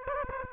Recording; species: mosquito wingbeat signal from an infrared sensor; Aedes aegypti